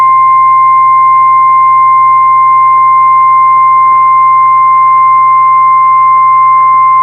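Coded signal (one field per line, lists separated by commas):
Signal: Emergency Alert System (SAME) tones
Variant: 1050 Hz attention tone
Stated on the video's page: Online NOAA Weather Radio Severe Thunderstorm Warning.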